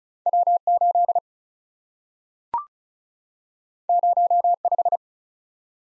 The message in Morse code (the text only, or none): W8 05